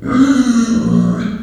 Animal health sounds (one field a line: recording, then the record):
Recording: squeal of a Yucatan mini pig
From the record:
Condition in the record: after surgery on the right vocal fold (resection and tissue-engineered implant)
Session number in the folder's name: 6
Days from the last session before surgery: 40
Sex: female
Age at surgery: 19 weeks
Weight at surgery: 25 kg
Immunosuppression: prednisolone